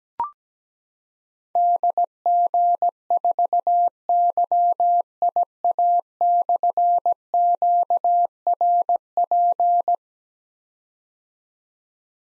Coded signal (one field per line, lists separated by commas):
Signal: Morse code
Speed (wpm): 17 wpm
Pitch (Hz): 700 Hz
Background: none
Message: DG4YIA/QRP